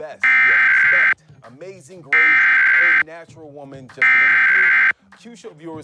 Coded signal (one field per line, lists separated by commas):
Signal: Emergency Alert System (SAME) tones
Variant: header bursts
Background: speech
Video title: EAS: Pennsylvania Required Monthly Tests (8/20/20)(EAS #447-454)